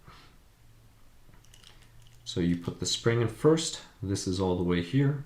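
A plastic spring retainer cap is lined up over the rear shock body of an RC drag car built on a Traxxas Slash 2WD and Bandit VXL platform, with its holes set over the mount before the spring is compressed. Faint small taps of handling noise come at about 1.3, 1.5, 1.7 and 2.1 seconds, then someone talks from about 2.3 seconds. The cap has not clicked into place yet.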